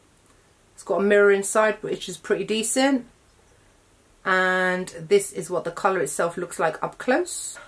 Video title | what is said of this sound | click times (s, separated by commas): REVIEW & DEMO NEW Nabla Close Up Foundation, Concealer & Pressed Powder! | and then just a normal little click up here | 0.3 s